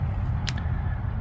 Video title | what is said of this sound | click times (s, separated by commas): 777 Mach1 Bumper on my 2020 GT | it does not click, it keeps coming off. | none